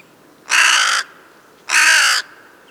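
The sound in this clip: Crow with two strong, grating caws of about half a second each, separated by a short pause.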